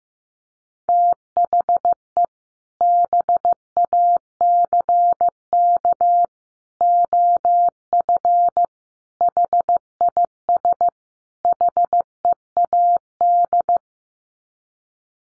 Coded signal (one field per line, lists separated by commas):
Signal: Morse code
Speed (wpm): 15 wpm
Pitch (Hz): 700 Hz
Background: none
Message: THE BACK OF HIS HEAD